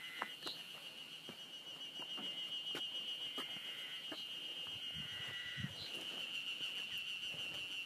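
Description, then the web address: Ezo harusemi cicada buzzing steadily and growing stronger after two seconds, with footsteps clicking over it. Recorded just short of Mount Tanzawa on 1 June 2015. "2015 06 01 エゾハルゼミ丹沢山手前"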